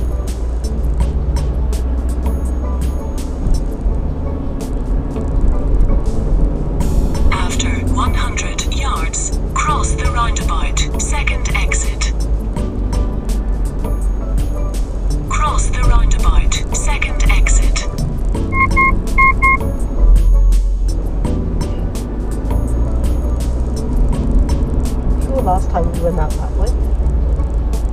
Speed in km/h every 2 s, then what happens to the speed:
21, 21, 24, 29, 29, 27, 24, 23, 23, 19, 24, 29, 34, 29.
0-6 speeds up to 29. 6-19 slows to 19. 19-23 speeds up to 34.